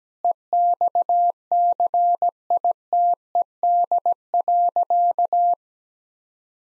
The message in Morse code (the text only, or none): EXCITED.